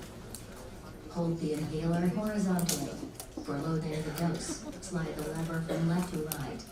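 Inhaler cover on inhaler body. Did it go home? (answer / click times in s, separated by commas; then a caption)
released / 0.3 s. The plastic outer cover of a disc-type dry powder inhaler is slid open on the inhaler body with the thumb grip, giving a sharp click at 0.4 seconds. The cover is released and opens. Someone talks through the rest of the clip.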